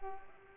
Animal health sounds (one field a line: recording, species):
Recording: mosquito wingbeat signal from an infrared sensor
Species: Culex pipiens